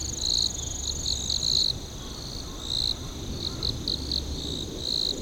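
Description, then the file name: Insect song: a steady high buzzing trill with louder pulsed bursts that start and stop irregularly, over a constant low hum. "singing of insect"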